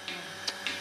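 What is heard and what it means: On a milking machine's teat-cup cluster, the second vacuum shut-off valve is pushed down by hand until it locks at 0.5 s with a sharp, short click, shutting off the vacuum. Softer hissy bursts are heard at about 0.1 s and 0.7 s over a steady background hum, and the valve ends up locked down.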